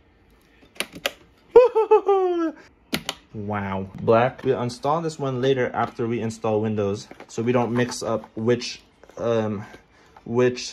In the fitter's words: it down and then you hear the click